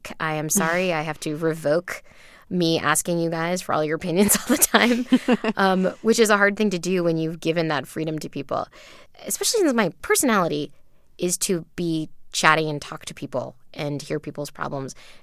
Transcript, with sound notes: I am sorry, I have to revoke me asking you guys for all your opinions all the time.
(LAUGHTER)
Which is a hard thing to do when you've given that freedom to people, especially because my personality is to be chatty and talk to people and hear people's problems.